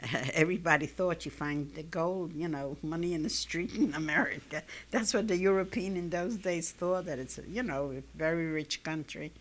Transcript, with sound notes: everybody thought you'd find gold, you know, money in the street in America. (she laughs) That's what the European in those days thought, that it's, you know, very rich country.